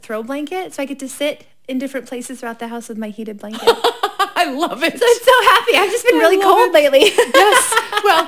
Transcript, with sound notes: It’s a throw blanket so I get to sit in different places throughout the house with my heated blanket.
(Laughing) I love it.
I’m so happy. I’ve just been really cold lately.
Yes,